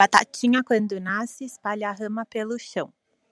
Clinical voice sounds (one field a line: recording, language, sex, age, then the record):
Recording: short text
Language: Brazilian Portuguese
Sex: female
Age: 30 to 39 years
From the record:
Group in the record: control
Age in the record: 36 years